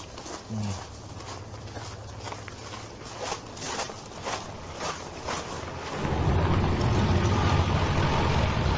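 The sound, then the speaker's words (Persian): A car engine idles with a low, steady hum under some light clatter, then swells into a louder, rougher rumble as the vehicle pulls away. “ماشین آماده است. بفرمایی.”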